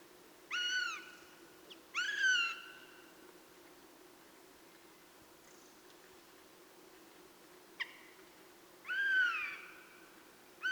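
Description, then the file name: Eurasian jay giving several drawn-out, downslurred mewing calls with rich harmonics, plus a brief sharp click; steady low hum beneath. "Garrulus glandarius"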